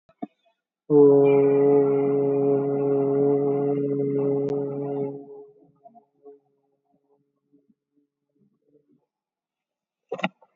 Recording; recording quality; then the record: sustained vowel as in boot; excellent, no background noise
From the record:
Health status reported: recovered from COVID-19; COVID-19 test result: positive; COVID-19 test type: RT-PCR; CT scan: taken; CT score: 8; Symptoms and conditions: none ticked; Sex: male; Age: 38 years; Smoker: no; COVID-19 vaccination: one dose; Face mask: not worn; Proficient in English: yes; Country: India